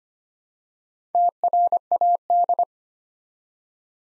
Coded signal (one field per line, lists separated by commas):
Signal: Morse code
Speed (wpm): 25 wpm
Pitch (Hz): 700 Hz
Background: none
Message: TRAD